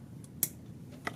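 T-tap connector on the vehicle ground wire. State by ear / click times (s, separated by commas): seated / 0.4 s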